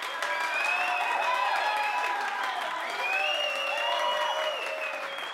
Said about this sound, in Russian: и опустился в кресло, уступив место известному популярному лектору мистеру Уолдерну, которого публика встретила аплодисментами.